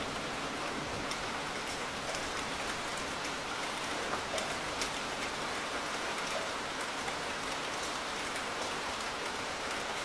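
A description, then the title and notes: Gentle drizzle falls in a steady, dense patter with an even, hissing texture that holds level for the whole ten seconds. Brief brighter taps of individual drops stand out now and then, near one, two, and five seconds, over a soft low rumble. Gentle drizzle and thunder in the afternoon.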